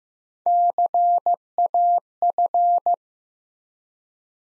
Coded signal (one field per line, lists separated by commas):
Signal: Morse code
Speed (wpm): 15 wpm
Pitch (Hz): 700 Hz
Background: none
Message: CAF